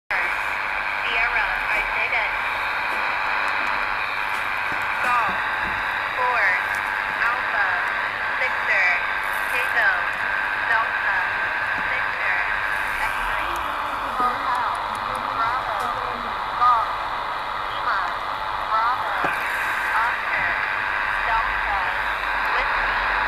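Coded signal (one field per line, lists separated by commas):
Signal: coded military voice message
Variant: HF-GCS Emergency Action Message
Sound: distorted voice reading through heavy shortwave static with a faint steady whine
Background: radio static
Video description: This could be a coded transmission on the US Military world wide HF-GCS (High Frequency Global Communications System) network.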